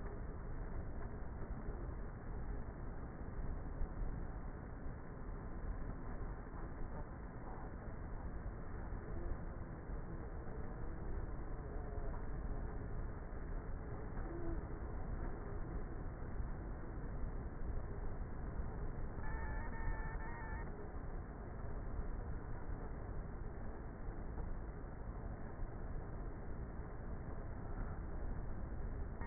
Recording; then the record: honeybee colony, microphone inside the hive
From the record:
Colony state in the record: queenless with a low population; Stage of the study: before two queens were removed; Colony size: about 30,000 bees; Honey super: no